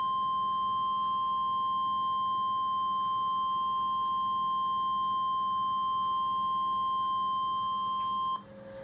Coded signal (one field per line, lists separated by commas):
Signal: Emergency Alert System (SAME) tones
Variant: 1050 Hz attention tone